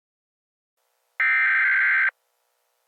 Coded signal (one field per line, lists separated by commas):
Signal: Emergency Alert System (SAME) tones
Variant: header bursts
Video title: EAS Scenario 1 Snack-A-Pacolypse